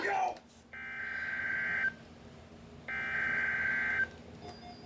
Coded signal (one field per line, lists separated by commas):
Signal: Emergency Alert System (SAME) tones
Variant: header bursts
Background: speech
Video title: Tornado Watch #424 for my County! (Rock, Wisconsin) EAS #180